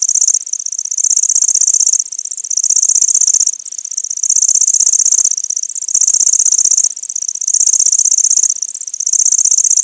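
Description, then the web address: Lanceolated warbler song: a high, insect-like mechanical reel in bursts of a second or two, separated by brief quieter dips. "Schulze Peter Lanceolated Warbler song"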